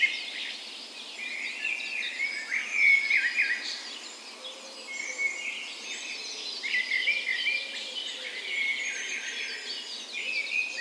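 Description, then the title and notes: Birds in a dawn chorus, many overlapping whistled and trilled songs. Recorded in a park west in Bergen, Norway, on the morning of 17 May, Norway's National Day, in spring; Sony PCM A10 recorder with LOM Usi microphones as tree ears. "17th Of May Dawn Chorus. Recorded on the morning of Norways National Day the 17th of May in a park west in Bergen. Spring is in full effect, and the dawn chorus sounds wonderful!"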